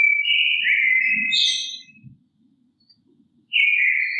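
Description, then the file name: Bird song, a long whistled note sliding slightly down, a short higher phrase, a pause, then another whistled note; faint low rumble beneath. Recorded in Offenbach, Germany. "Offenbacher Vogel"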